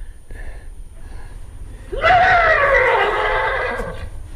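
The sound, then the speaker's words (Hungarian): A thirsty horse lets out a single loud neigh lasting about two seconds, starting with a rising squeal and settling into a harmonically rich, wavering whinny that fades at the end. Quiet background before it. “Ez egy szomjas ló nyerítése.”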